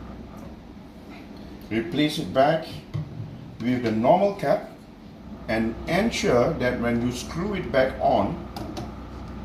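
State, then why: Seated. The normal cap is screwed back onto the nozzle of a gas cylinder or oxygen device while someone talks. Two short clicks at 8.6 s and 8.8 s show the screw cap has clicked tight and is fully seated.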